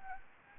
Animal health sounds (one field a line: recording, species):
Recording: mosquito wingbeat signal from an infrared sensor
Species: Anopheles gambiae